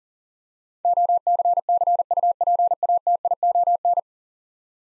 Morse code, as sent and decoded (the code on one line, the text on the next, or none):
--- -.-. -.-. ..- .--. .- - .. --- -.
OCCUPATION